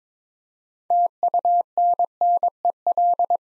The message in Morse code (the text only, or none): TUNNEL